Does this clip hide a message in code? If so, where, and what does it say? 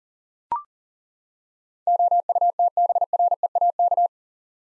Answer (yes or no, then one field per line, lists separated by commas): yes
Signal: Morse code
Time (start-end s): 1.9-4.1 s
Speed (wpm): 40 wpm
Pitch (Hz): 700 Hz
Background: none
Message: OUTBREAK